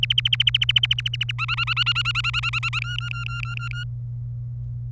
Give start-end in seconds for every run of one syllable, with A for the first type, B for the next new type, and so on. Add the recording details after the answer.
0.02-1.31 A, 1.38-2.79 B, 2.82-3.84 C. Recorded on 27 April 2018 at 14:40. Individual llb3